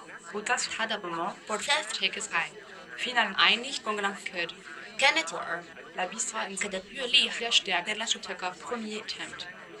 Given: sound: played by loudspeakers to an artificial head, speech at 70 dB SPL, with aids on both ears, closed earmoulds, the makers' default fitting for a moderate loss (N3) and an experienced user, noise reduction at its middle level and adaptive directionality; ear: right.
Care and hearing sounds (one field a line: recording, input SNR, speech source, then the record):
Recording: speech test signal (ISTS) in cocktail-party noise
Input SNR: +6 dB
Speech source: in front (0 degrees)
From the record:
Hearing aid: class 2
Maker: E